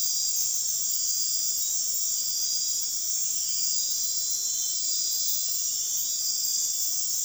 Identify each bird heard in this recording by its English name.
none